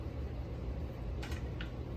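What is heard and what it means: A plastic rear brake unit for a Chicco Viaro lightweight stroller slides onto the side of the stroller's rear leg after first being tried on the wrong side. Against a steady low hum, two soft clicks sound at 1.2 s and 1.6 s. The brake unit is seated in place.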